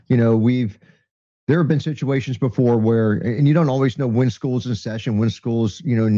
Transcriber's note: none